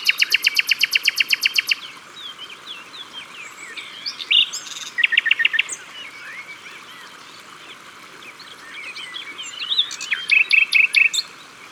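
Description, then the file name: Common nightingale song: a long opening series of fast repeated notes, then whistled phrases and two more short rapid series, against a soft chorus of other birds. At the water's edge. "Rossignol philomele Au bord de leau"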